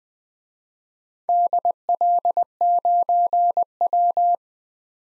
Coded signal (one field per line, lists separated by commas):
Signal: Morse code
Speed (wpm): 20 wpm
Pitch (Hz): 700 Hz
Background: none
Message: DL9W